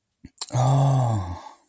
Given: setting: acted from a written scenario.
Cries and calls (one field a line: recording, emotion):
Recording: vocal sound without words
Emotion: realization